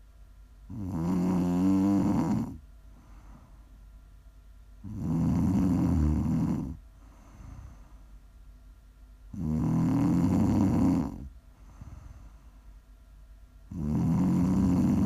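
An adult woman snoring in her sleep: four loud, low, rattling snores on inspiration, each about two seconds long, with quieter breathing between them. The rate is roughly 14 breaths a minute and the rhythm is fairly regular. This is ordinary sleep snoring.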